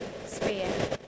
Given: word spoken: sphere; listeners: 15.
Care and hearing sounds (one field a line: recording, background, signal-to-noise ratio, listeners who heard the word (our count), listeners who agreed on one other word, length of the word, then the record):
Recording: one English word in noise, from a listening test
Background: noise modulated by three-talker babble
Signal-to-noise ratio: -4.9 dB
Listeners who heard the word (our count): 3 of 15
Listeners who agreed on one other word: 12 of 15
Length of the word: 0.68 s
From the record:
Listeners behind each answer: 12, 3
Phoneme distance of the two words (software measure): 10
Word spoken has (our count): 1 syllable, 3 phonemes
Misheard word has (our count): 1 syllable, 3 phonemes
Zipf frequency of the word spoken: 3.68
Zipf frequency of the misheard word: 3.42